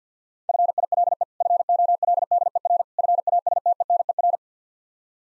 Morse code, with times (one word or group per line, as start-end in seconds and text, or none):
0.5-1.2 FILE
1.4-2.8 FOLDER
3.0-4.4 FASTENER